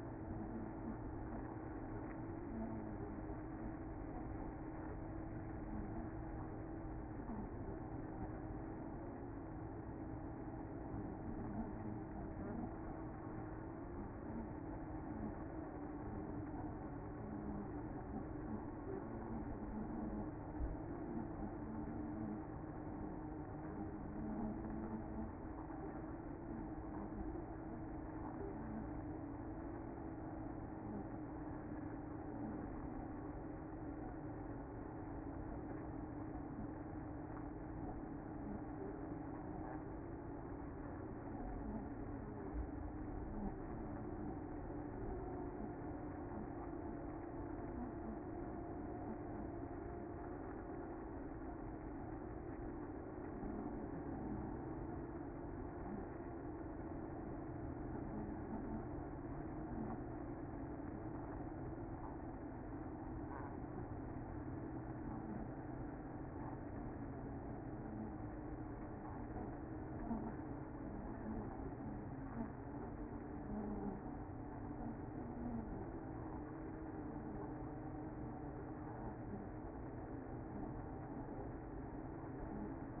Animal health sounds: honeybee colony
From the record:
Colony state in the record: active

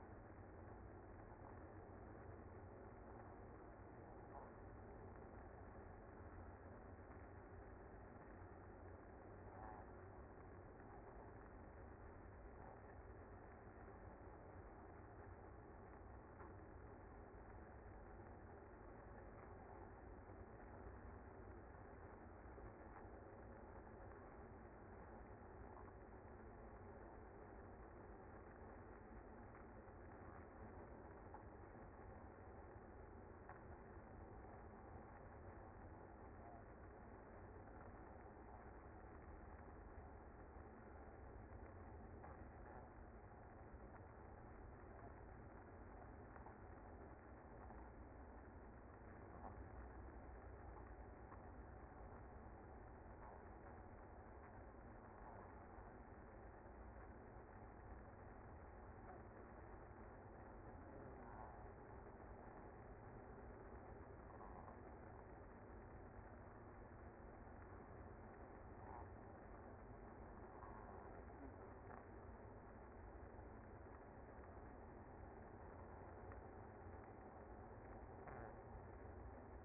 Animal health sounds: honeybee colony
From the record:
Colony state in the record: active

